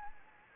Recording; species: mosquito wingbeat signal from an infrared sensor; Anopheles gambiae